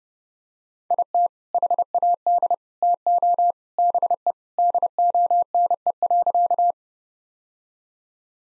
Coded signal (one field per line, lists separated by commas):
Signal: Morse code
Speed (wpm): 32 wpm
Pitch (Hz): 700 Hz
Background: none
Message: IT HAD TO BE DONE.